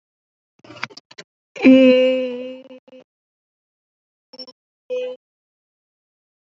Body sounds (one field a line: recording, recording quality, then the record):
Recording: sustained vowel as in made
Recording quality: excellent, no background noise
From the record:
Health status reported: healthy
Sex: female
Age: 23 years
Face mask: not worn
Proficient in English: yes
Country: India